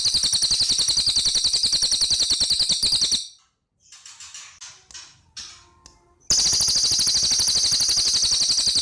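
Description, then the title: Spiderhunter song: two long bursts of quick, shrill repeated high notes, separated by a three-second lull filled with softer chirps and short calls. Long, clear, prolific (gacor) song, used as a tutor track for training birds. "Pijantung Gunung Gacor Jernih Panjang"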